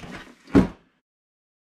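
The arrow tabs of a plastic Layens nuc box shell are pushed down all at once into their slots. After a soft rustle, a single sharp snap at 0.6 s marks them seating in place, then it fades to silence by about 0.8 s.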